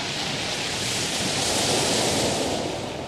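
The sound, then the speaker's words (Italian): Sea waves wash steadily onto a beach at Acciaroli in Cilento, Italy, in a continuous, broad hiss, swelling slightly in the middle before easing off. No voices are heard. “Gli ombrelloni sono stati già tirati fuori e il mare brilla in questa perla del Cilento che si prepara alla stagione estiva.”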